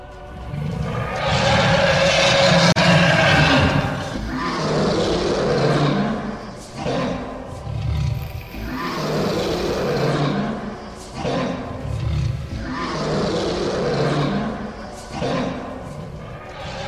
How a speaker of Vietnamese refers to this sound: Người ta nghe thấy những tiếng gầm thét khủng khiếp như của hàng ngàn vạn quái vật đang gầm lên vậy.